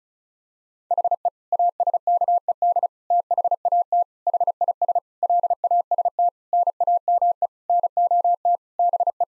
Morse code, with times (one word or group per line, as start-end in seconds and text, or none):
0.9-1.3 HE
1.5-2.9 ASKED
3.1-4.0 THAT
4.3-5.0 HIS
5.2-6.3 LAST
6.5-7.5 NAME
7.7-8.6 NOT
8.8-9.2 BE